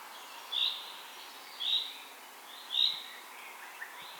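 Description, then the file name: Common chaffinch calls: three short, clear notes, each about a second apart, against steady background noise. "Fringilla coelebs"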